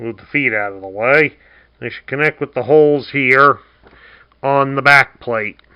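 Someone talks while handling a Transformers Kingdom Galvatron toy figure during transformation, moving the feet out of the way so its purple plastic tabs can line up with the holes on the back plate. Only speech is heard, and nothing has seated or clicked yet when the clip ends.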